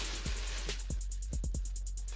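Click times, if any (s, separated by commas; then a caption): none. A detachable power cord plug is handled at the socket on the back of a Zelarca 1L mini electric hot pot ramen cooker (450W). Background music plays throughout with evenly spaced drum-like beats. Nothing has seated or clicked yet.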